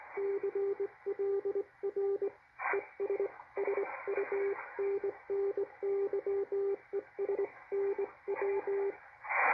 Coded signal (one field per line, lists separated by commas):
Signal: Morse code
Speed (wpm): 21 wpm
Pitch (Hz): 400 Hz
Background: speech, radio noise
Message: CLR ES SUNNYESNW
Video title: How to decode morse code (in shortwave) and other featured on the Malachite DSP SDR receiver